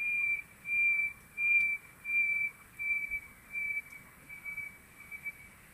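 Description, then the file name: Common nightingale whistles: a series of flat, pure notes repeated at an even rate, fading slightly toward the end. "Luscinia megarhynchos"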